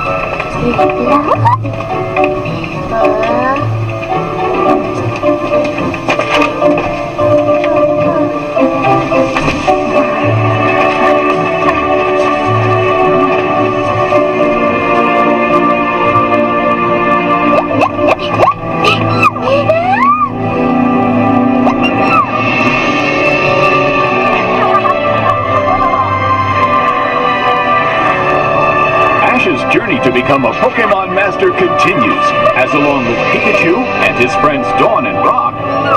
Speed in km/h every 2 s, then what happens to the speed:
72, 71, 68, 65, 65, 62, 60, 58, 56, 56, 56, 57, 57, 58, 59, 58, 58, 57.
0-16 slows to 56. 16-36 steady at about 57.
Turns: none.